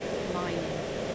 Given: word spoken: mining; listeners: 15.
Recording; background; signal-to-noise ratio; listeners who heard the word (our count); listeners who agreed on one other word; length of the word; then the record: one English word in noise, from a listening test; speech-shaped noise; -4.0 dB; 2 of 15; 6 of 15; 0.75 s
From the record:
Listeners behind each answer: 6, 5, 2, 1, 1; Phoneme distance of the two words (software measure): 14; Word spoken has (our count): 2 syllables, 5 phonemes, stress on syllable 1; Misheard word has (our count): 1 syllable, 3 phonemes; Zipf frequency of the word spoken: 4.04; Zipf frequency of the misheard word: 5.04